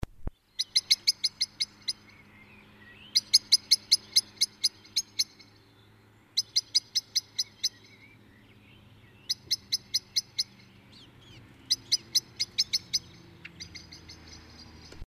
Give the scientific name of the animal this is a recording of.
Turdus merula